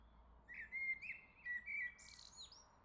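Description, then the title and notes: Common blackbird song: a smooth whistled warble held around one pitch, then a brief high scratchy flourish at the end. Song close by in the morning, greeting the first day of summer; La Jarrie, France; MixPre-6 II recorder, MKH40/30 mid-side microphones. "Le Merle salue l'été, La Jarrie, France. Quel Sol!!!! pour saluer l'arrivée de l'été ce matin! Merci Jolie Merle de tes vocalises à proximité!"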